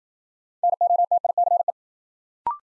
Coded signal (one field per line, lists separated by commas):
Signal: Morse code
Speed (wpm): 52 wpm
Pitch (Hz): 700 Hz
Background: none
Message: NOTICE